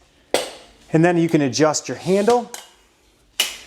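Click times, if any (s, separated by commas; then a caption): 0.3 s. A foot steps down on the bottom plate of an orange 3-in-1 convertible folding hand truck to unfold it, and the metal frame locks into position with a sharp click at 0.3 s. Someone then talks, and another sharp hit follows at 3.4 s.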